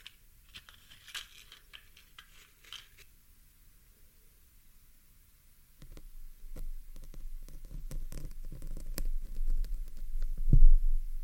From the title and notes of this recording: ASMR MIC PULLING, PIN EXTRACTION, ASMR PIN REMOVAL, PLUCKING PIN FROM MICROPHONE, PINS ASMR, PINS.